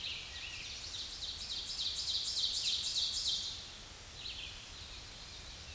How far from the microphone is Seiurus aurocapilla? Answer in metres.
about 30 m